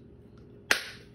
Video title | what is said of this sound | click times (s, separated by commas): Model T Lantern | and this will snap in place pull | 0.7 s